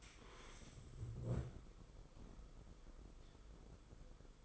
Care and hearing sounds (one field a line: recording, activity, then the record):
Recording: daily activity, microphone in the room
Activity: stand up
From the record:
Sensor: 5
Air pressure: 990.8 hPa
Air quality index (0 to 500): 150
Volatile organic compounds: 163 ppm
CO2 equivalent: 4076 ppm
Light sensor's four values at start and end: 40/125/48/51 and 40/125/48/51